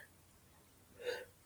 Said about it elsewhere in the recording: I'm going to sneeze. My sneeze made the chimes ring.